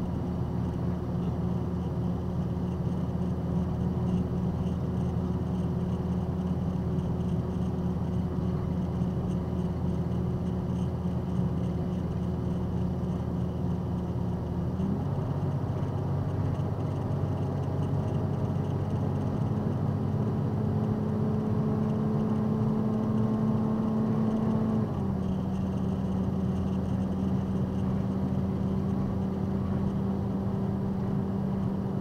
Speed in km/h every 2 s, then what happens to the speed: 97, 98, 98, 100, 98, 98, 98, 97, 98, 98, 100, 101, 101, 103, 103, 106.
0-15 steady at about 98. 15-32 speeds up to 106.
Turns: none.